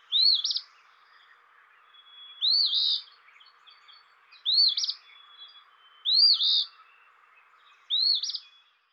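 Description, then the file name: Eastern phoebe singing a burry two-part phrase, repeated five times about every two seconds over a faint steady hiss. "dan gibsons solitudes eastern phoebe"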